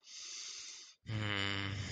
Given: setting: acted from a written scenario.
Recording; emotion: vocal sound without words; shame